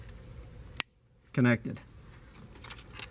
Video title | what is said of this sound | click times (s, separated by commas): How to Install Spark Plugs on Land Rover LR2 - Atlantic British Presents | know that you have a good connection you should be able to hear a slight click and you'll know that they're connected | 0.8 s